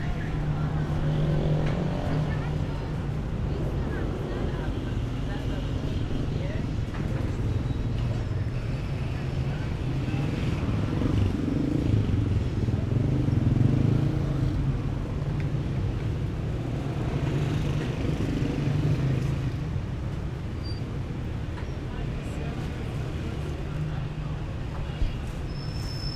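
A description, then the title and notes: A busy street scene on a city avenue, with a constant low rumble of traffic and engines filling the whole recording. Voices of people talking rise and fall throughout, with a brief high tone near the end. Vahdateslami St. Soundscapes of gates of Tehran, Sound artist: Vedad Famourzadeh.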